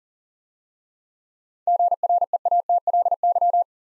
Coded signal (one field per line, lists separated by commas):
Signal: Morse code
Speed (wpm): 39 wpm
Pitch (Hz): 700 Hz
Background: none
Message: GREATLY